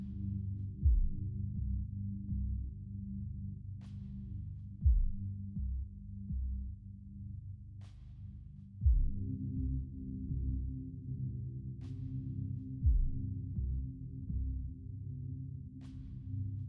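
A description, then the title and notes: A gentle, low sound frame with a slow heartbeat-like pulse thumping about every four seconds, around 1, 5, 9 and 13 seconds. The deep hum stays dense and steady beneath, and faint high clicks tick at regular intervals between the beats. A gentle sound frame, with a heart beat pulse.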